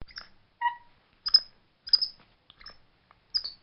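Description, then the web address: Capuchin monkey calls: short high squeaky chirps and whistles at irregular intervals, one lower whistled note, otherwise quiet. "Bobby Cole Capuchin-Monkey"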